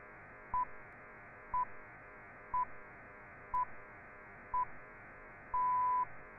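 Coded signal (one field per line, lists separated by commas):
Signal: radio time signal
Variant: Greenwich Time Signal pips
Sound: five short 1 kHz pips one second apart, then a longer half-second pip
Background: radio static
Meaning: The start of the long final pip marks the exact top of the hour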